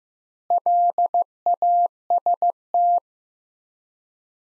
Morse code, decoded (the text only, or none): LAST